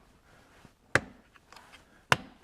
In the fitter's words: There, we've got everything snapped back into place.